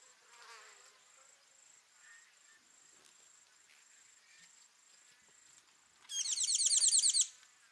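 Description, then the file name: Tinkling cisticola gives a single fast, grating chatter of about a second at the end, following quiet background bird sounds and a constant high insect buzz. Call, at Kawelwa, Zambia, on 12 December 2021. "Tinkling Cisticola call ZM Kawelwa"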